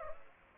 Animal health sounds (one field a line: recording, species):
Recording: mosquito wingbeat signal from an infrared sensor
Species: Culex pipiens